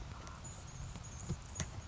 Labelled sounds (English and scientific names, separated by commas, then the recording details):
Anna's Hummingbird (Calypte anna)
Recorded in Sonoma County, California